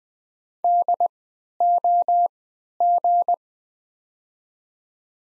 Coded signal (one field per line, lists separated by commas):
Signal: Morse code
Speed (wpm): 20 wpm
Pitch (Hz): 700 Hz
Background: none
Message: DOG